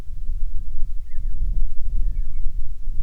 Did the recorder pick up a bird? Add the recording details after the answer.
yes. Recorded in the Prudhoe Bay oil fields, Alaska, on 6 June 2019 at 04:03. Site 16